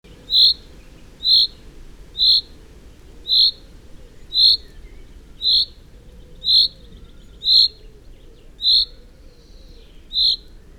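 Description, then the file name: Common chaffinch giving ten clipped, metallic 'pink' calls at a steady pace of about one per second, with a faint low rumble underneath. "Fringilla coelebs"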